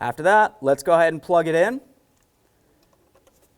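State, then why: Not seated. Someone talks, then faint rustling and light taps are heard as the PCV hose connector is handled and lined up to plug onto the already seated PCV valve of a 2000-2005 Buick LeSabre. Nothing has clicked or seated yet.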